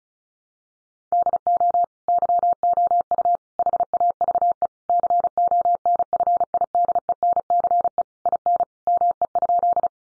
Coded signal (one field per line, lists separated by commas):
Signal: Morse code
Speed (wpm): 34 wpm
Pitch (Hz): 700 Hz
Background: none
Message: DO YOU HAVE CONFIDENCE IN ME?